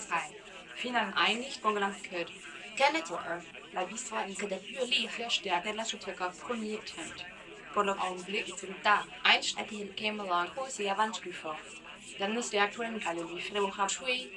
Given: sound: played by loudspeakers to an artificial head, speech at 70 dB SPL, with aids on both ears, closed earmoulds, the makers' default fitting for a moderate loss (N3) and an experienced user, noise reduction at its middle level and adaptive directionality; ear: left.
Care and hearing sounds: speech test signal (ISTS) in cocktail-party noise; +9 dB; on the right (90 degrees)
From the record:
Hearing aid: class 2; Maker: E

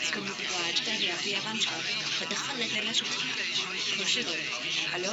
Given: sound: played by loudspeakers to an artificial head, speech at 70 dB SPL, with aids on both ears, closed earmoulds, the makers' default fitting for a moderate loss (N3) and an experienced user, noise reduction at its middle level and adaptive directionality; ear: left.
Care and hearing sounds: speech test signal (ISTS) in cocktail-party noise; 0 dB; in front (0 degrees)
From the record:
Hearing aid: class 1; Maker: A

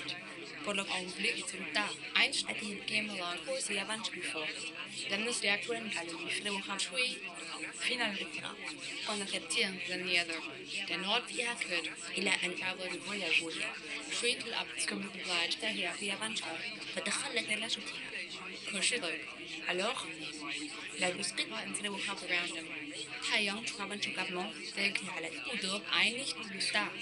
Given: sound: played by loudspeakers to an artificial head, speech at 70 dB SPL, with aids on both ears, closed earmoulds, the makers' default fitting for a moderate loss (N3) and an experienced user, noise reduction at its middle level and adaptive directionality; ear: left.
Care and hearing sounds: speech test signal (ISTS) in cocktail-party noise; 0 dB; in front (0 degrees)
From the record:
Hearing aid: class 2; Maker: C

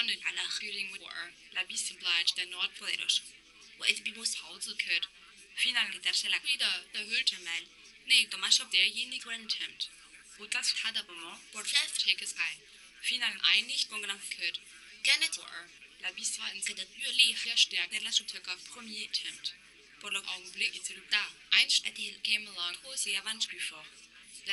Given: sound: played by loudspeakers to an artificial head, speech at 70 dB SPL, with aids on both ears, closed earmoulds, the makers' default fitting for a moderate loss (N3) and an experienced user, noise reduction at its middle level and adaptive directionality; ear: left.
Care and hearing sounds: speech test signal (ISTS) in cocktail-party noise; +9 dB; in front (0 degrees)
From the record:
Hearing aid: class 2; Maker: J

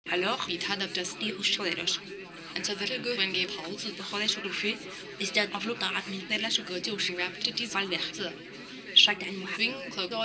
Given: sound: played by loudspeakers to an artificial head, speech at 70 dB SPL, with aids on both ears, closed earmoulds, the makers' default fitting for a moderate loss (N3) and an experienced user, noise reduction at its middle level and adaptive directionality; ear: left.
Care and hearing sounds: speech test signal (ISTS) in cocktail-party noise; +3 dB; in front (0 degrees)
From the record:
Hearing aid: class 2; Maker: B

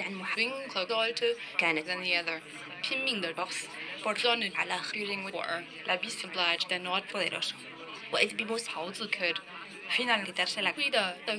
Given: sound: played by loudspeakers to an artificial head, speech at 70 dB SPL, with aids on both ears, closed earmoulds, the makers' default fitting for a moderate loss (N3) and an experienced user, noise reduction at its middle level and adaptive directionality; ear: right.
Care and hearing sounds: speech test signal (ISTS) in cocktail-party noise; +6 dB; on the right (90 degrees)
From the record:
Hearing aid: class 2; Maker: I

